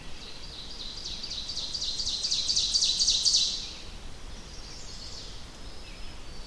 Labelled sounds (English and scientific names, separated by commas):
Ovenbird (Seiurus aurocapilla) song